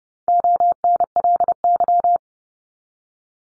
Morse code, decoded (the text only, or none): ONLY